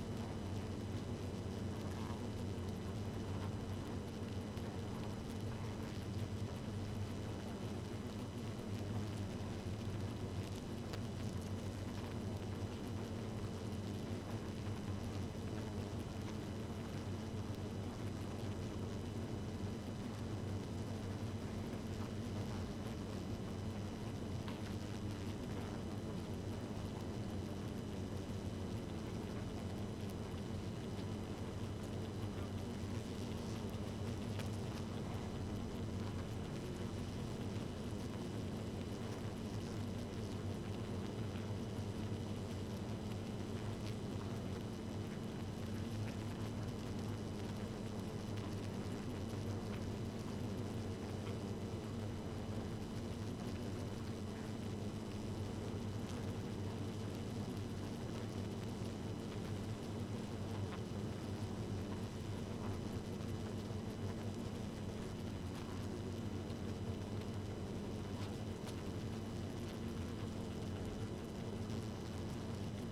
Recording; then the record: honeybee colony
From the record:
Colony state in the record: active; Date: 12 June 2018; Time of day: 0:02